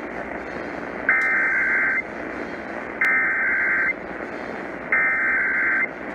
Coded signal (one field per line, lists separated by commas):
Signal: Emergency Alert System (SAME) tones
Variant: header bursts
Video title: KALI 900 Required Weekly Test (EAS #4111) 7/16/21